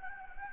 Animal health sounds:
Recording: mosquito wingbeat signal from an infrared sensor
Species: Anopheles gambiae

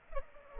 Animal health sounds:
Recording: mosquito wingbeat signal from an infrared sensor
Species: Culex pipiens

